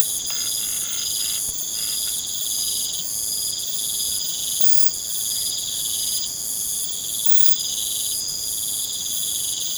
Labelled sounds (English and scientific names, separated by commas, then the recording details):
none
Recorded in pastures near Puerto Asís, Putumayo, Colombia, on 30 June 2025 at 21:30
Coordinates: 0.472, -76.331
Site G095